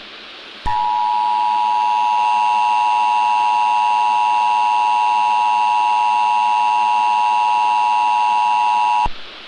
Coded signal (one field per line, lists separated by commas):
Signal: Emergency Alert System (SAME) tones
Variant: 853 and 960 Hz attention tone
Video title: THE WARDEN - EAS SCENARIO / ANALOG HORROR